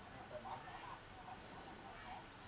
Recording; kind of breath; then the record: one breath in and out by a microphone near the nose and mouth; normal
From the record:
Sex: male